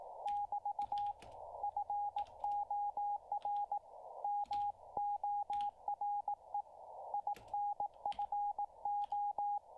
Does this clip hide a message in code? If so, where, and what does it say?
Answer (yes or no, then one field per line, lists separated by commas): yes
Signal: Morse code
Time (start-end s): 0.3-9.6 s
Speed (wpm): 18 wpm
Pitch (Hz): 820 Hz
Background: radio noise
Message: <BT> FOR MORE INFO